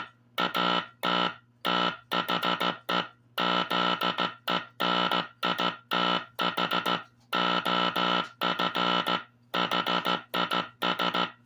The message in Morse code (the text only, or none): AT THE ZENITH OF HIS